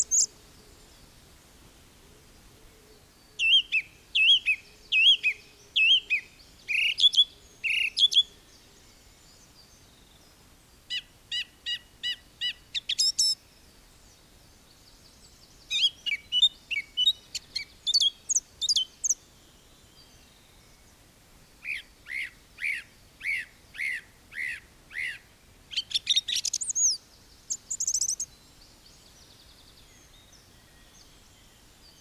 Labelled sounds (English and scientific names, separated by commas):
Song Thrush (Turdus philomelos) song